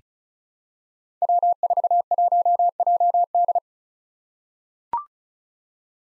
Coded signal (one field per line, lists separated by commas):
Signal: Morse code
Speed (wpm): 36 wpm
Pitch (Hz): 700 Hz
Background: none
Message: W41JD